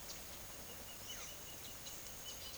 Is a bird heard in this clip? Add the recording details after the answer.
yes. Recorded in secondary vegetation near Puerto Asís, Putumayo, Colombia, on 23 June 2025 at 10:00. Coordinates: 0.489, -76.322. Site G021